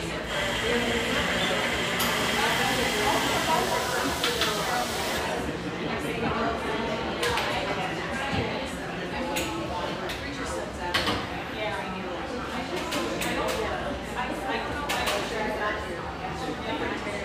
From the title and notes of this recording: Riverside on Portland's east Willamette banks, this industrial neighborhood sports some quality coffeehouses, including this mellow, exposed-brick gem frequented by railyard staff.